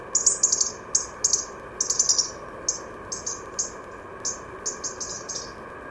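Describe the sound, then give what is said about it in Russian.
A European robin gives a rattling call: quick, high-pitched ticking bursts in uneven clusters, loud at first and fading slightly, over a steady background hum with no voices. “А вот это треск зарянки.”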